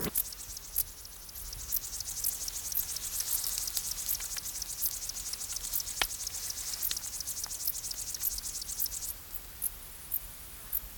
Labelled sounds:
Dark Bush-cricket (Pholidoptera griseoaptera) stridulation
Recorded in the wild
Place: Treuchtlingen, Heumöderntal, Bayern, DE
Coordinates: 48.96, 10.91
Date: 1993-09-02
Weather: 18 °C
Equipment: Marantz CP 430, Sennheiser MKH 416 T, Kopie Uher Variocord 263
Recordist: Tembrock, Günter

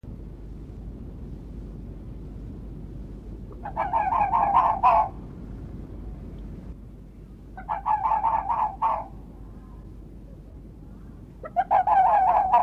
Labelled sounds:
Red Fox (Vulpes vulpes) barking
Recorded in the wild
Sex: male
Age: adult
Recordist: Meyer, Hugo

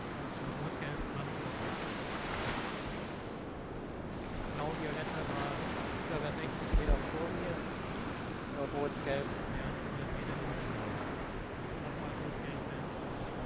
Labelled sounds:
Arctic Fox (Vulpes lagopus)
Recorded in the wild
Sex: female
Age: adult
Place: Insel Mednyi, Kommandeur-Inseln, RU
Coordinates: 54.5167, 168.083
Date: 1999-07-21 16:19
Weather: Hochnebel, 10,4°C, Ostwind
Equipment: Sony WM-D6C, Sennheiser MKH 70, Windkorb, Kopie Tascam DA 30
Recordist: Frommolt, Karl-Heinz
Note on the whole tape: Südlich Kap Dlinnyi, ca. 500 m nördlich der Höhle: Polarfuchsfähe links Rot/Gelb 32 ist uns von Höhle aus gefolgt, äußert "wa" und Bellstrophe. Fähe links Blau/Violett 163 ist in Nähe, äußert ebenfalls Bellstrophen. Wechselbellen. Entfernung 8 - 30 m

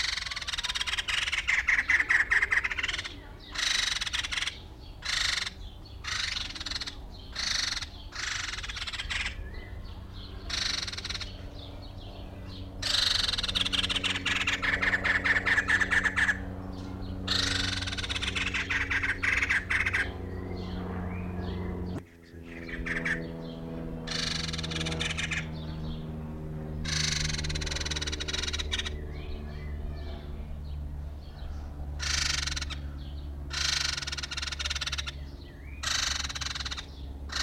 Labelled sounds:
White-crested Laughingthrush (Garrulax leucolophus) call
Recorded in captivity
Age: adult
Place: Zoo Berlin, Berlin, DE
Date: 1994-05-28 11:43
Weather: bedeckt, 12-15°C
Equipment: Marantz CP 430, Sennheiser ME 80, Kopie Uher Variocord 263
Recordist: Tembrock, Günter

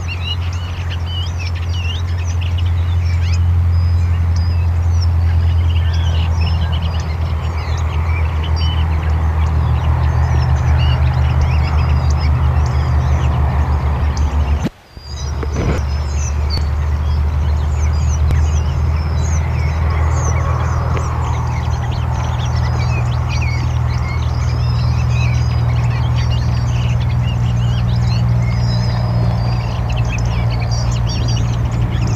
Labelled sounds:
Hawfinch (Coccothraustes coccothraustes) call
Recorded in the wild
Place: Wegfurt, DE
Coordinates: 50.3972, 10.0869
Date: 1964-04-03
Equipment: Uher Report 4000, AKG D190
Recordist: Krey, Winfried

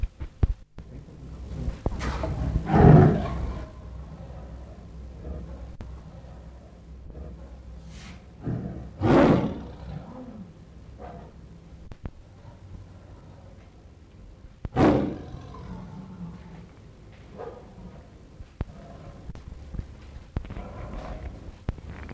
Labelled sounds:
Clouded Leopard (Neofelis nebulosa)
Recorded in captivity
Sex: male
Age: adult
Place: Tierpark Berlin, Berlin, DE
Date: 1962-07-07 19:00
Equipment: Minifon, Kopie Smaragd
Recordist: Tembrock, Günter

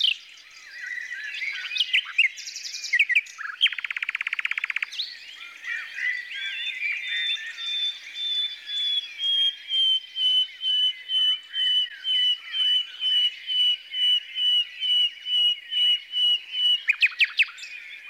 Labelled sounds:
Common Nightingale (Luscinia megarhynchos) song
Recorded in the wild
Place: Merdingen bis Ihringen / Kaiserstuhl, Baden-Württemberg, DE
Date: 1982-05-02
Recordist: Schwarz, Dieter

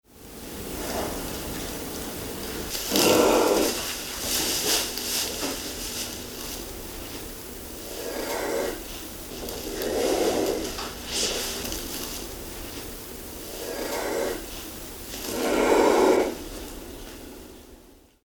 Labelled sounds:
Giraffe (Giraffa camelopardalis)
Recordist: Tembrock, Günter
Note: Drohschnaufen eines Muttertieres

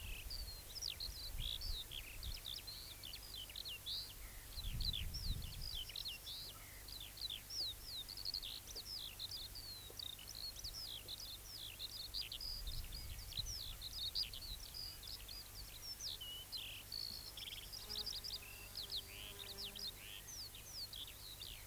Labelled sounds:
Eurasian Skylark (Alauda arvensis) song
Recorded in the wild
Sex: male
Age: adult
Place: Köppchensee (Fließtal), NSG Fließtal, Berlin, DE
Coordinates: 52.6231, 13.3747
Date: 1996-07-14 18:08
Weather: overcast, gusty wind
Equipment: Sony MD-WM MZ-R3, Sennheiser MKH 416 T, Kopie Uher 4000 Report Monitor
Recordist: Tembrock, Günter

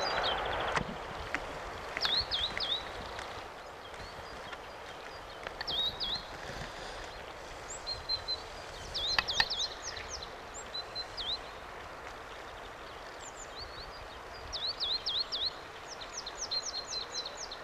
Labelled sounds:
Great Tit (Parus major) song
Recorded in the wild
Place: Oberstdorf, Bayern, DE
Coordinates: 47.4447, 10.2953
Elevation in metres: 862
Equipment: Uher 4000 Report
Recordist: Tretzel, Erwin

